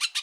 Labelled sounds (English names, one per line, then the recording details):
Brown-throated Parakeet contact call
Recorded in Bonaire